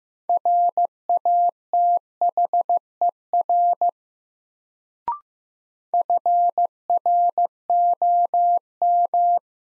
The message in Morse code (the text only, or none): RATHER FROM